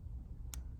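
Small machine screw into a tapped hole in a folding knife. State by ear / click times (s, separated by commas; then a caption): seated / 0.5 s. A small steel machine screw is turned backwards in the tapped hole of a folding knife until its thread start drops into place before being driven in. A single sharp, bright click is heard at 0.5 seconds over a quiet low rumble. The thread is seated in its start position.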